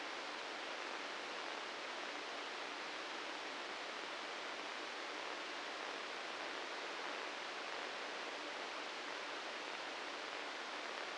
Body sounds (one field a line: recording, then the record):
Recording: brain microelectrode recording played as sound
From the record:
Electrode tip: inside the subthalamic nucleus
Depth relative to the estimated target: 1 mm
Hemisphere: right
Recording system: NeuroSet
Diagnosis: Parkinson's disease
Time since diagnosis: 9 years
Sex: male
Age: 61 years